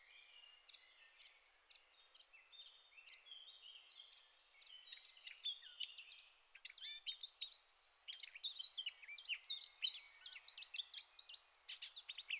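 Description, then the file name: Eurasian blackcap song, a long, soft, continuous high warble of quick varied notes that becomes stronger and busier toward the end, over faint background hiss. "Sylvia atricapilla"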